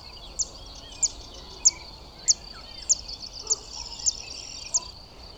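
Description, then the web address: Zitting cisticola giving thin, high clicking 'zit' notes at a steady pace of roughly one every 0.6 seconds over a faint background hiss. "Zitting cisticola. صدای-پرنده-سبدنشین-چکاچک"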